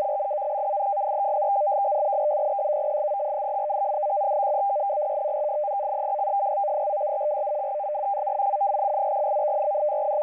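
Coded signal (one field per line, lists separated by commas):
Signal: numbers station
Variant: F03i FSK data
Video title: F03i Data Mode 12/10/2023 1830 UTC 7798kHz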